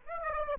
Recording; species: mosquito wingbeat signal from an infrared sensor; Aedes aegypti